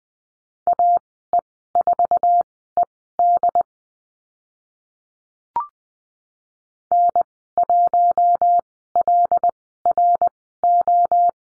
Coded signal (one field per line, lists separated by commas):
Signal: Morse code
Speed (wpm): 20 wpm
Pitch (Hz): 700 Hz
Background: none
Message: AE4ED N1LRO